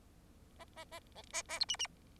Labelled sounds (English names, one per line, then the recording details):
Bengalese Finch song
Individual Bird4